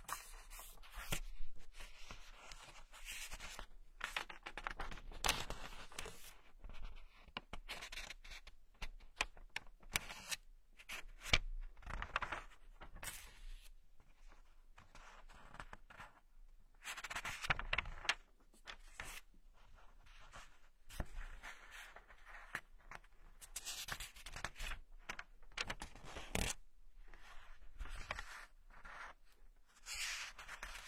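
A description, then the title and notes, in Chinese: Book pages are turned and handled throughout, a dry run of papery rustles, flicks and soft scrapes. The sounds come in irregular bursts every second or so, some sharper and brighter, with short quiet gaps between them. 翻书声。纸音。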